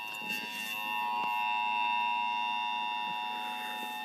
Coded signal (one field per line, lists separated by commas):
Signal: Emergency Alert System (SAME) tones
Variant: 853 and 960 Hz attention tone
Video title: Welcome 2024! WV RMT on SAGE + Auto Record Demo (1/3/24) EAS 2084